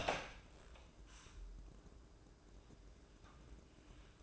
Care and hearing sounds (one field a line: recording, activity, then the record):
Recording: daily activity, microphone in the room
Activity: open door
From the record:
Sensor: 2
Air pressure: 1012.2 hPa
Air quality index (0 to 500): 160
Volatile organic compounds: 2 ppm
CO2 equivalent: 1168 ppm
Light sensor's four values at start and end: 374/935/379/395 and 370/925/375/390